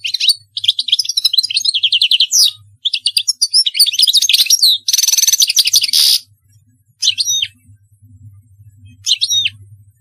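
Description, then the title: European goldfinch twittering rapidly with liquid chirps and a harsh buzzy burst, then two spaced short notes over a faint hum. "Chant Chardonneret"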